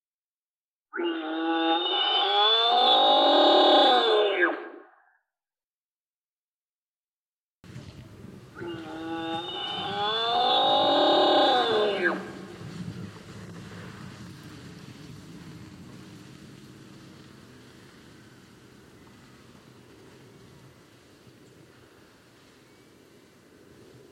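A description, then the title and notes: A male elk bugles twice in a forest glade, each call a loud, reedy, rising-and-falling whistle lasting about four seconds, the first near the start and the second after a short silence. After the second call, a low, steady outdoor hush carries on to the end. Roosevelt Elk 06, clean processed and parabolic source. The largest surviving species of elk in North America, endemic to the Olympic Peninsula but found up and down the Pacific Northwest coastal regions - bugling male in forest glade - recorded with parabolic.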